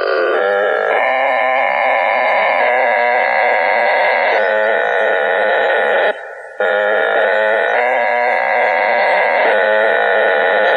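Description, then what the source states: Frog chorus, a thick unbroken wall of pulsing trills that holds steady for the whole stretch with one brief drop midway. Frogs recorded at Harpers Mill.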